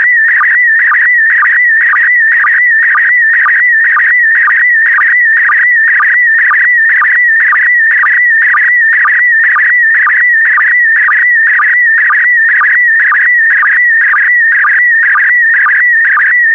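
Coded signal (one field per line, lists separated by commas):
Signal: SSTV (slow-scan television)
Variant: PD120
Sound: continuous warbling tone around 2 kHz with short low sync chirps twice a second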